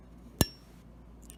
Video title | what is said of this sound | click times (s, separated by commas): Installing Clipdraw on a Glock 43, How To | in and it'll click and | 0.4 s